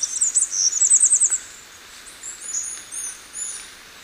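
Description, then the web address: Mountain wren song opening with a fast, very high trill of repeated notes, then a series of thin, slurred whistles. Ecuador. "Natures Songs S America Birds of Ecuador Mountain Wren"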